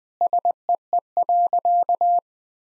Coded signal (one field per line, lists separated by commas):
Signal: Morse code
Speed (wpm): 20 wpm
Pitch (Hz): 700 Hz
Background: none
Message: SEE.